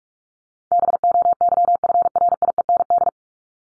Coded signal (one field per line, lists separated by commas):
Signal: Morse code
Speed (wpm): 44 wpm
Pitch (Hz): 700 Hz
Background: none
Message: BOYFRIEND